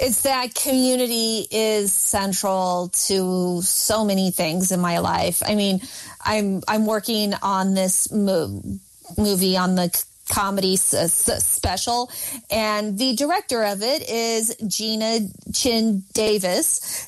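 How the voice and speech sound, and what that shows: Adult woman, a comedian who stutters, speaking at a fluent pace broken by sound repetitions, prolonged consonants and brief blocks, typical of stuttering.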